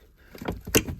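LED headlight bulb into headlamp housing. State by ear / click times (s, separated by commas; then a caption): seated / 0.8 s. An LED headlight bulb is pushed into a tight headlamp housing, giving a few soft scraping knocks before one sharp, loud click at 0.8 s as it seats. A fainter tap follows near the end, and someone talks.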